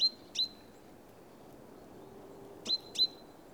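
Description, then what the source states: Bird giving short, sharp whistled notes in two quick pairs, each note a clean high tone with a click-like start, over a soft steady hiss. Recorded in Oostduinen.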